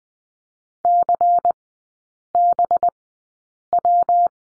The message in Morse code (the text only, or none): CBW